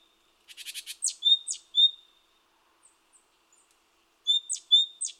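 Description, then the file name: Great tit calls: a short buzzy rattle, then several high piping notes, a pause, and another run of sharp high notes. "Parus major"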